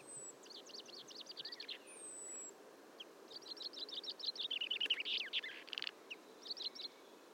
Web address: SETE data Fringilla coelebs